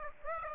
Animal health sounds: mosquito wingbeat signal from an infrared sensor; Aedes aegypti

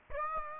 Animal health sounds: mosquito wingbeat signal from an infrared sensor; Aedes aegypti

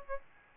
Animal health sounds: mosquito wingbeat signal from an infrared sensor; Aedes albopictus

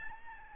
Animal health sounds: mosquito wingbeat signal from an infrared sensor; Aedes albopictus

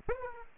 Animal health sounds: mosquito wingbeat signal from an infrared sensor; Aedes aegypti

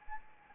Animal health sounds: mosquito wingbeat signal from an infrared sensor; Anopheles arabiensis

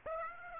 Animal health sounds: mosquito wingbeat signal from an infrared sensor; Aedes aegypti

